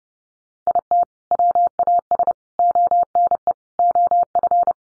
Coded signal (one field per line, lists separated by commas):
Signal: Morse code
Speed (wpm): 30 wpm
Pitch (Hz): 700 Hz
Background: none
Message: IT WAS ONE OF